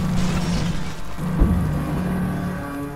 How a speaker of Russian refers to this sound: От гулких раскатистых взрывов, происходивших где-то в недрах Иссина, раскачивалась палуба.